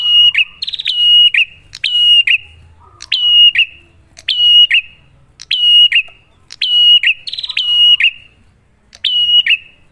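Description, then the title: Prinia song of repeated high, piercing whistles with clicky starts and falling tails. Duet of Cililin vs Kapas Tembak, a master (masteran) lure recording for prenjak; bird singing actively (gacor) with a clear voice. "Masteran Duet Cililin Vs Kapas Tembak. Pancingan Prenjak Gacor Suara Jernih"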